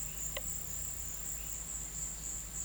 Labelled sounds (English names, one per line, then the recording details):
none
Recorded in pastures near Puerto Asís, Putumayo, Colombia, on 22 December 2024 at 14:00
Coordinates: 0.472, -76.329
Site G072